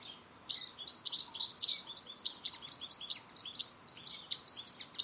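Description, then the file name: European goldfinch calls, a steady stream of bright, tinkling high chirps repeated several times a second, with liquid twittering notes throughout. "Carduelis carduelis"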